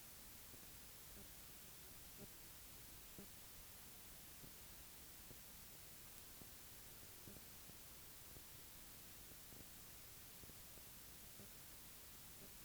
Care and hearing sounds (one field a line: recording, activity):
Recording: daily activity, guitar pickup as the sensor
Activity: stand